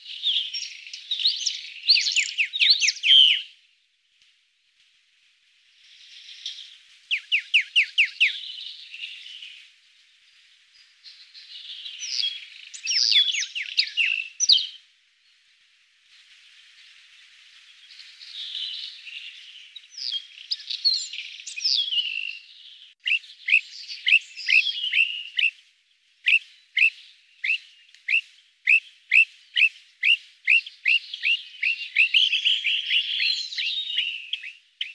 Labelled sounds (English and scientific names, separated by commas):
Eastern Rock Nuthatch (Sitta tephronota) song